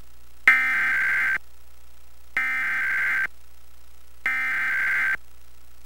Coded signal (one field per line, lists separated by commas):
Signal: Emergency Alert System (SAME) tones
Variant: header bursts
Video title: EAS: Pennsylvania Required Monthly Tests (4/16/20)(EAS #316-321)